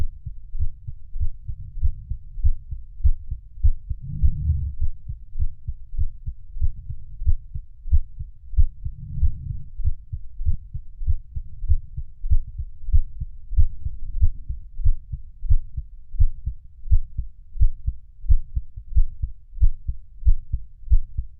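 Steady low thumps of a heartbeat at about 92 beats a minute. Slow, deep breaths rise and fall over them roughly every five seconds. This is a heartbeat during deep breathing.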